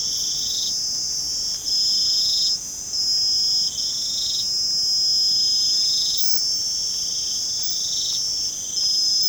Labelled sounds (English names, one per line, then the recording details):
none
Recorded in pastures near Puerto Asís, Putumayo, Colombia, on 25 June 2025 at 23:00
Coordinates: 0.472, -76.331
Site G095